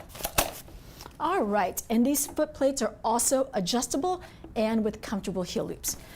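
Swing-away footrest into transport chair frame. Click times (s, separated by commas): 0.4 s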